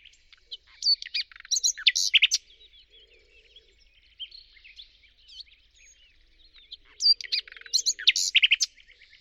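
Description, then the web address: Bird sings two dense bursts of bright, rapid high notes and trills, with soft twittering filling the gap between them. "birddata Deverinetal 2025 Bird Only Lu Me Lu Me"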